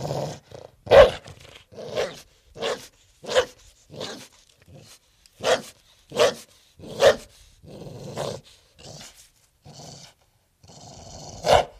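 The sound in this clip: Pit bull: dog barking in short sharp woofs, many barks at irregular intervals.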